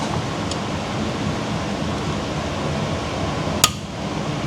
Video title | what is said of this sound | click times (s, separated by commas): 200,000 Mile Timing Chain Repair - Dreaded Ford 5.4 Triton 3 Valve | There, it's released. And it released and is not seated | 3.6 s